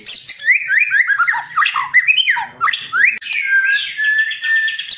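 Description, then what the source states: White-rumped shama song of loud swooping whistles and chirps, notes sliding up and down in quick succession, then a longer wavering whistled passage. Masteran (training recording) for caged birds, titled Murai Batu Labaik.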